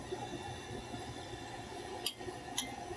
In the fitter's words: when you hear that snap